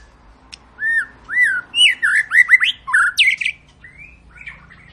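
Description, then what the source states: White-rumped shama song: a few rich rising whistles, then a quick run of slurred notes and a short buzzy phrase, over faint background noise. Long lure song of a white-rumped shama, used to make other birds sing.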